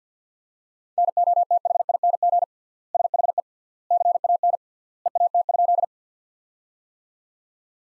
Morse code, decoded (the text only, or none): NOTHING SHE CAN EAT?